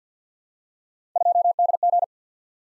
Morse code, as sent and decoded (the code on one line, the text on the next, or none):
..--- -.. --.
2DG